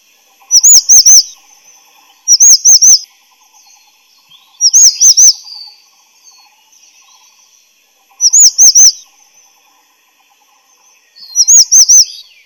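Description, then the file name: Grey-chinned minivet song of clustered high, rolling whistles, three or four notes per burst, repeated every few seconds. "灰喉山椒鳥"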